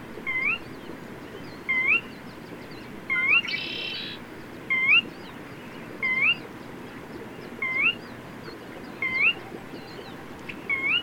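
Bird repeating short rising whistles several times, with a brief harsh burst partway through and faint high sounds.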